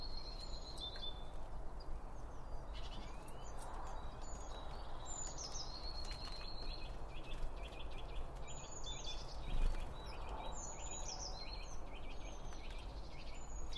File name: Birds Around Birdfeeding With Two Om 1 From Line Audio